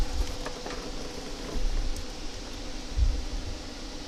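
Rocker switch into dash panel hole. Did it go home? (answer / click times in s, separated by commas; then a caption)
no / none. An auxiliary fan rocker switch for an FJ80 Land Cruiser is being pushed into its mounting hole in the dash panel, where it is meant to lock in place. Over a steady low hum, there are only faint handling rustles and soft bumps, with slightly louder thumps around 1.6 and 3.0 seconds. The switch has not seated or clicked into place yet.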